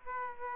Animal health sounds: mosquito wingbeat signal from an infrared sensor; Aedes aegypti

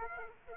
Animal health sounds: mosquito wingbeat signal from an infrared sensor; Aedes aegypti

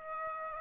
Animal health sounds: mosquito wingbeat signal from an infrared sensor; Aedes aegypti

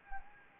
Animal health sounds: mosquito wingbeat signal from an infrared sensor; Anopheles gambiae

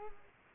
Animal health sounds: mosquito wingbeat signal from an infrared sensor; Culex quinquefasciatus

